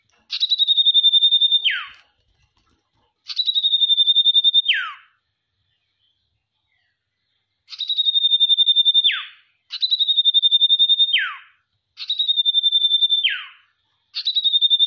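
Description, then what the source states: Sirtu song: clean, high buzzing trills about one and a half seconds long, each ending in a plunging slur, repeated with silent gaps of varying length. Masteran tutor recording for training cage birds, presenting the full range of song variations.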